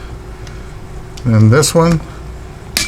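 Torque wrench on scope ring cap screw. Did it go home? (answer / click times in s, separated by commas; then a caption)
yes / 2.8 s. A torque wrench tightens the last cap screw on a CVLife 7075 aluminum scope ring until it reaches its setting and clicks. Someone talks briefly, and a faint tick comes at 0.5 s. The wrench gives a sharp click at 2.8 s, confirming the screw is torqued.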